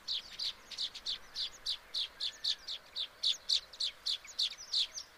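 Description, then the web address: Baya weaver calls: a run of crisp high chirps, several each second, kept up throughout. "sound Baya-weaver. صدای-پرنده-جولای-بایا"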